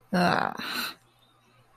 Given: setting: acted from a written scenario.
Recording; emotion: vocal sound without words; contentment